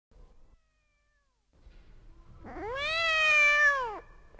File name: Katten Mjaaaau